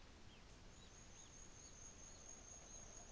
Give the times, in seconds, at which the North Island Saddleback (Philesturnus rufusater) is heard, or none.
none